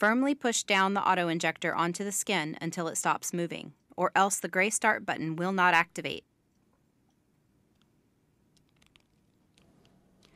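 Someone talks for about six seconds; then a plastic Repatha autoinjector pen is pushed firmly down onto the skin until it stops moving, before its gray start button is pressed, and only faint, quiet handling ticks are heard. Nothing has clicked or activated yet.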